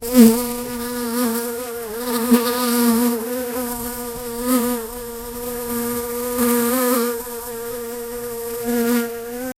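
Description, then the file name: Fly buzzing steadily with a low droning hum that wavers slightly in pitch and loudness throughout, with brief louder swells as it moves. "flies"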